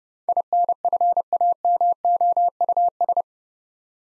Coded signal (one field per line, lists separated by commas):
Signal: Morse code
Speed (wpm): 30 wpm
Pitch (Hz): 700 Hz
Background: none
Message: INFAMOUS